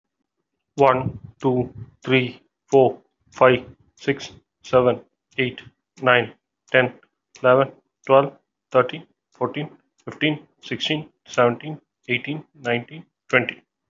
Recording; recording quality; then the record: counting at a normal pace; moderate, slight background noise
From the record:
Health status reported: healthy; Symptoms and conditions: hypertension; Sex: male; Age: 44 years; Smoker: not ticked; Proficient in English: yes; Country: India